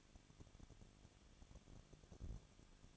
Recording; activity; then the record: daily activity, microphone in the room; no activity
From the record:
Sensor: 4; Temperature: 23.0 degrees Celsius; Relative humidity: 34.3%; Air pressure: 1007.2 hPa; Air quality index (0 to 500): 217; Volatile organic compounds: 15 ppm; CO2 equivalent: 2518 ppm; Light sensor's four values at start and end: 2/3/1/1 and 2/3/1/1